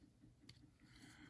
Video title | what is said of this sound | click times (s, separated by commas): PUMA HUNTING POCKET KNIFE JAGDTASCHENMESSER REVIEW 964 | She clicks into place | 0.5 s